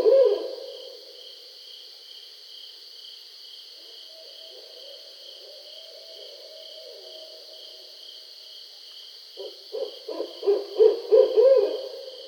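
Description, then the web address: Barred owl: one loud low hoot, a long faint stretch, then a burst of rapid hoots near the end, all over a continuous high-pitched background hum. Recorded 20 July 2012. "Barred Owl 2012 07 20 Barred Owl"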